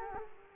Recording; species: mosquito wingbeat signal from an infrared sensor; Culex quinquefasciatus